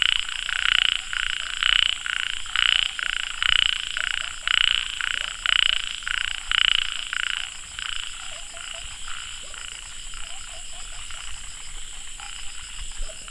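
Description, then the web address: Frog giving a series of several loud, high, buzzy pulsed trills, then fainter trills. "Frogs World"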